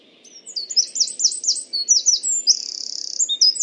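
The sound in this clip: Bird song, a high, jumbled phrase of quick sliding notes that ends in a fast, even trill and a last twittering note.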